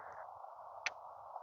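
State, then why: Released. A plastic primer holder is pulled off its loading tool or nipple and pops off with a short, sharp snap at 0.9 s. A steady midrange hiss runs underneath the whole clip, and the holder comes free.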